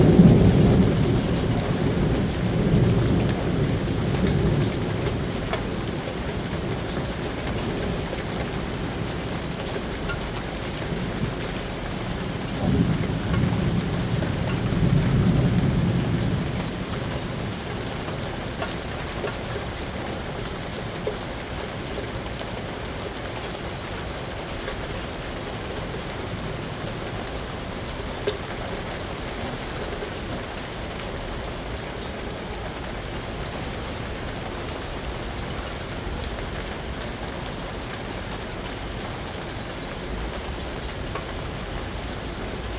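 Steady rain falls during a storm in a city, a dense, even patter spread across the whole clip. Deep rumbling swells in the first few seconds and again around thirteen to sixteen seconds, then fades, leaving only the constant rain and scattered drips.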